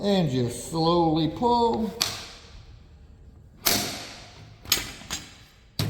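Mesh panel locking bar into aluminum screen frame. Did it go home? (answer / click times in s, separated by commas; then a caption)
yes / 5.8 s. Someone talks while slowly pulling a mesh panel's locking bar over an aluminum screen frame. Sharp knocks are heard around 3.7 s and 4.7 s. A loud, sharp snap at 5.8 s marks the panel seating into the frame.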